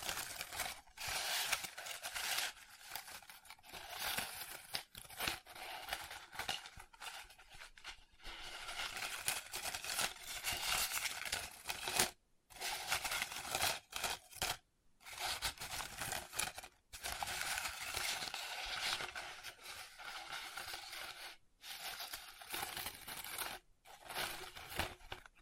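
Paper is folded, scratched and rubbed in busy bursts of bright crinkling and rustling, broken by brief full silences around 12, 15, 17 and 21 seconds.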